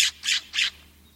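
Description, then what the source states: California Scrub-Jay harsh calls, three quick rasping notes in under a second, evenly spaced, with a faint low hum underneath. Jays store food for harsher seasons, caching nuts, insects and even worms in several thousand spots; may visit yards.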